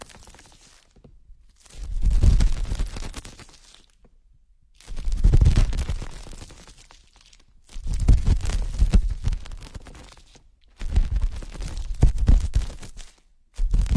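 Ear picking sounds come in four rough, crackly bursts of scratching and rustling, each lasting about two seconds, separated by brief near-silent pauses.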